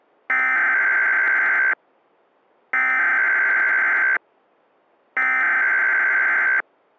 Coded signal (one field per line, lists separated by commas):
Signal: Emergency Alert System (SAME) tones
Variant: header bursts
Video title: Merry Windmas! (EAS Scenario)